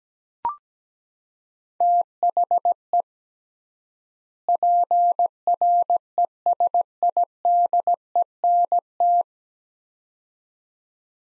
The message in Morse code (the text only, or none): THE PRESIDENT